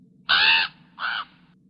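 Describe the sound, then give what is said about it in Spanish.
A raven caws twice, harsh and raspy: a longer, loud first call, then a shorter, softer second one after a brief pause, over a low, steady background hum. “Dijo el cuervo”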